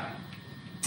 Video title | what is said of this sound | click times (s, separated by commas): Hoodie™ by Trailpower Part 3-of-3: Solar Charge Controller Install in Lexus GX470 | they only fit one way and they'll push and click | 0.8 s